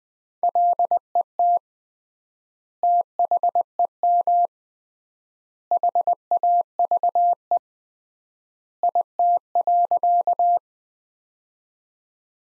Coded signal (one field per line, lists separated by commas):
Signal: Morse code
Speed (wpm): 20 wpm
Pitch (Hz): 700 Hz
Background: none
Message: LET THEM HAVE IT.